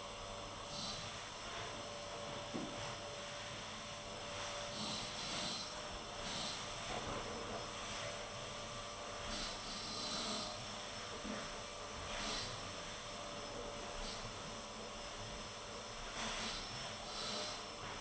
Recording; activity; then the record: daily activity, microphone in the room; vacuum cleaning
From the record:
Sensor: 4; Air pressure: 989.5 hPa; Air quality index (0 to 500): 216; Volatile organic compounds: 67 ppm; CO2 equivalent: 3493 ppm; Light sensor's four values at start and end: 26/91/33/35 and 26/91/33/35